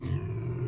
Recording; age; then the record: pig call; weaner (32 to 43 days)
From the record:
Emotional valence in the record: negative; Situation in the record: negative conditioning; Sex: female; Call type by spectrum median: low-frequency call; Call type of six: low-frequency stable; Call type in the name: low-frequency stable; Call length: 0.67 s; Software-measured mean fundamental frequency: 48 Hz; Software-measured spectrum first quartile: 115 Hz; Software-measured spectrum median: 176 Hz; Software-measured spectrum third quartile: 489 Hz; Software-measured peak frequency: 122 Hz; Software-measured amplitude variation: 165 dB a second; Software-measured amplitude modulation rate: 24.6 a second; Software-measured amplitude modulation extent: 6.7 dB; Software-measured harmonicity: 4.7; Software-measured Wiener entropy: -0.53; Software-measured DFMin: 728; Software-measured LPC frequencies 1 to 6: 1064, 2066, 2517, 4844, 5501, 7373 Hz